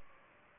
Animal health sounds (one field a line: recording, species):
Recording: mosquito wingbeat signal from an infrared sensor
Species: Aedes aegypti